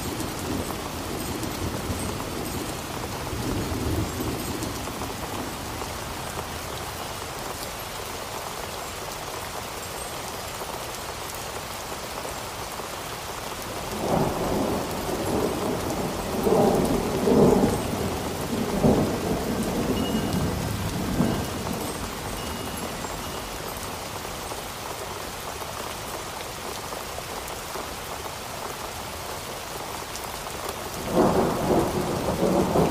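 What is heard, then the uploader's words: Steady, dense rain patters throughout, with low rumbling thunder swelling around fourteen to twenty-one seconds and again near the end. A Relaxing Storm.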